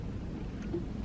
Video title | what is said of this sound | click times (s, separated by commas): How to Thread a Baby Lock Victory Serger | it'll give you a good audible click | 1.0 s